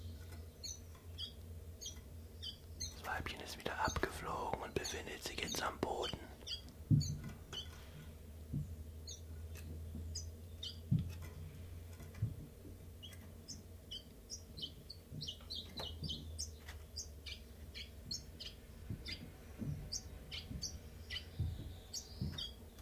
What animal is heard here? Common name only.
Common Chiffchaff